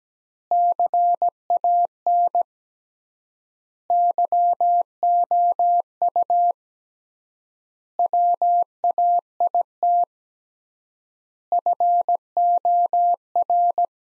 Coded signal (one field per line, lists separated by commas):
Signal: Morse code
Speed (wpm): 17 wpm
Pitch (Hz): 700 Hz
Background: none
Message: CAN YOU WAIT FOR